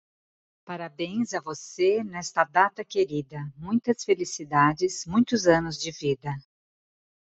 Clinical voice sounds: short text; Brazilian Portuguese; female; 50 to 59 years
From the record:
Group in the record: control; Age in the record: 54 years

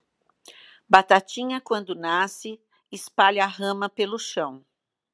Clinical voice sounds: short text; Brazilian Portuguese; female; 60 to 69 years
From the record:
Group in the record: control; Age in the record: 65 years

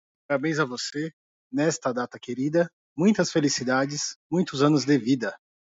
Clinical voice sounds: short text; Brazilian Portuguese; male; 30 to 39 years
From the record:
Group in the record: control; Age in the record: 36 years

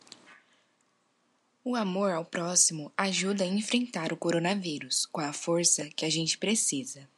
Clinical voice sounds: spoken sentence; Brazilian Portuguese; female; 20 to 29 years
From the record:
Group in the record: control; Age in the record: 20 years

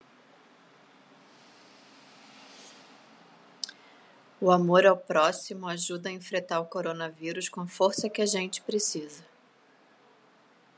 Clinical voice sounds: spoken sentence; Brazilian Portuguese; female; 40 to 49 years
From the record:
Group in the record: control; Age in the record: 48 years

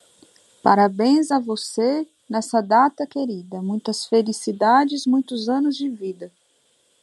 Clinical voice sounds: short text; Brazilian Portuguese; female; 30 to 39 years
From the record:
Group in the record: control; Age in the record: 32 years

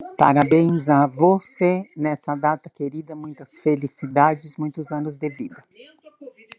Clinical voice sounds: short text; Brazilian Portuguese; female; 70 to 79 years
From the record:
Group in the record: control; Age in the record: 70 years

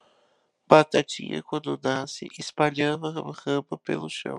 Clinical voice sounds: short text; Brazilian Portuguese; male; 20 to 29 years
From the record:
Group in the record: control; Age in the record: 26 years

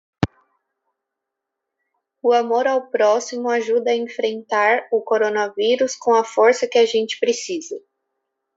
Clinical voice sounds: spoken sentence; Brazilian Portuguese; female; 20 to 29 years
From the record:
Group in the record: control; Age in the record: 23 years

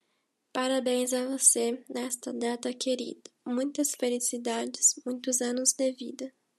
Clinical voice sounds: short text; Brazilian Portuguese; female; 20 to 29 years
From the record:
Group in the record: control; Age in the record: 20 years

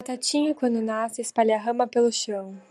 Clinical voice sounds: short text; Brazilian Portuguese; female; 20 to 29 years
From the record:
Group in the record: control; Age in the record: 21 years

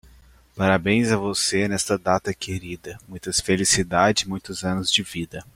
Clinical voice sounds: short text; Brazilian Portuguese; male; 20 to 29 years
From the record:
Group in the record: control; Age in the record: 20 years

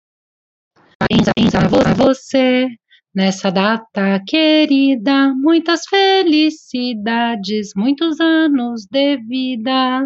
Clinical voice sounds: short text; Brazilian Portuguese; female; 30 to 39 years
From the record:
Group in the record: control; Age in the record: 37 years

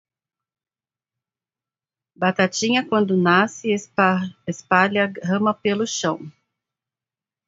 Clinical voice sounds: short text; Brazilian Portuguese; female; 40 to 49 years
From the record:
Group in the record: control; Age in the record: 46 years

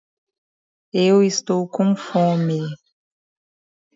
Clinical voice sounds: short text; Brazilian Portuguese; female; 30 to 39 years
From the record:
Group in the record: control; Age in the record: 35 years

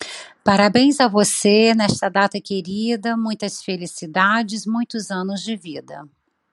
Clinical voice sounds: short text; Brazilian Portuguese; female; 50 to 59 years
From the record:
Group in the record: control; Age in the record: 54 years

